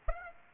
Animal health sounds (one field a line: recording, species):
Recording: mosquito wingbeat signal from an infrared sensor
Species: Aedes aegypti